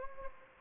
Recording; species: mosquito wingbeat signal from an infrared sensor; Anopheles gambiae